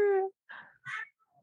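A baby crying in the background.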